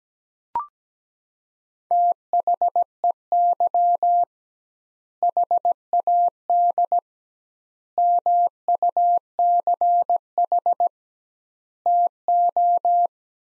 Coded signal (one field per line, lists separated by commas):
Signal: Morse code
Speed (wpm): 17 wpm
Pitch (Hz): 700 Hz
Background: none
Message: THEY HAD MUCH TO